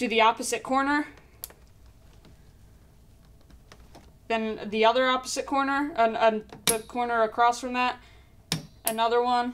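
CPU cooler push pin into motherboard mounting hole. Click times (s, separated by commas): 1.4 s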